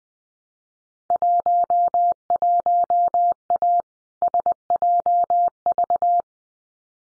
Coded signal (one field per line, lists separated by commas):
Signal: Morse code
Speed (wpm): 20 wpm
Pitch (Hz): 700 Hz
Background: none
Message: 11A SJV